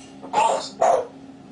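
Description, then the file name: Grey parrot voicing two clipped, bark-like syllables in quick succession, with a faint hum in the background. Grey parrot named Grig, talking. "a vot eto razgovarivaet odna pernataya skotina po imeni grig"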